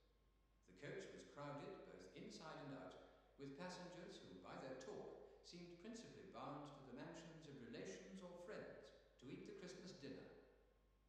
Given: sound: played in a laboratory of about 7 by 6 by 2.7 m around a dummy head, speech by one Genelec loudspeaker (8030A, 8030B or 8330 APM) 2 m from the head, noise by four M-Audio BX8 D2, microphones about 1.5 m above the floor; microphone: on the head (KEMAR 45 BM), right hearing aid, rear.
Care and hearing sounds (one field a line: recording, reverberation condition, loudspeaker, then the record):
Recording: male speech in English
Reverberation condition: high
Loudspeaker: behind (180 degrees)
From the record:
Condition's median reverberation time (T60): about 1300 ms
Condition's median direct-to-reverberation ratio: about -4.0 dB